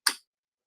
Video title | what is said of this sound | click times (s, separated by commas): Sewing this toppp - Part 2 | Hear that click? Yep. | 0.1 s